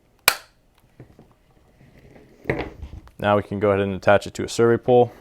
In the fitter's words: so, and then bend it back until you hear this click.